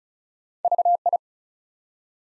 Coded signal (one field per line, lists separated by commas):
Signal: Morse code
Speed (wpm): 36 wpm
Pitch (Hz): 700 Hz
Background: none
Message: VI